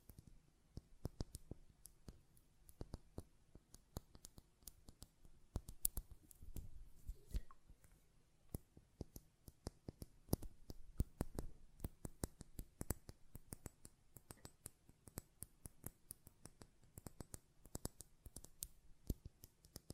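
A glass perfume bottle is tapped and its lid handled, giving a steady stream of sharp, bright clicks and taps throughout. The hits come irregularly but densely, several per second, some louder than others, over a faint low hum.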